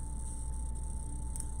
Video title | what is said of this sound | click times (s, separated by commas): How to Make a Christmas Tree Door Hanging Using a UITC Triangle Board Tutorial | there we go there's the clicks | 1.4 s